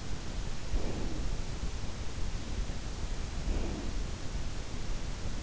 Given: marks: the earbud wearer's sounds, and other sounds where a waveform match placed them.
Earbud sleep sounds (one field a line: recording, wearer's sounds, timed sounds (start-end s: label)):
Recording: sounds in sleep by an in-ear microphone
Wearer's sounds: breath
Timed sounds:
0.34-1.57 s: breath
3.25-4.61 s: breath